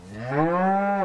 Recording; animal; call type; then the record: contact call of a hoofed animal; cattle; low-frequency (closed-mouth) or high-frequency (open-mouth) call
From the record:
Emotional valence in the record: negative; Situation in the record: full separation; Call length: 1.05 s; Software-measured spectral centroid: 1080 Hz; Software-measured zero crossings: 1400 a second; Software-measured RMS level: -23 dBFS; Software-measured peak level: -10 dBFS